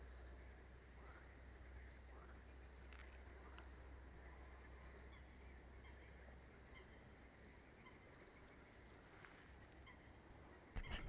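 Cricket chirping, short high-pitched pulsed chirps of three or four quick beats, coming in irregular bursts with brief pauses, over a low steady background hum.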